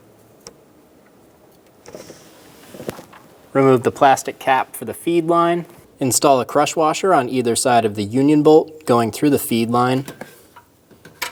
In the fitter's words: for the power steering pressure switch push until you hear a click if you don't give it a pull make sure it's locked on